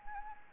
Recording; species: mosquito wingbeat signal from an infrared sensor; Anopheles arabiensis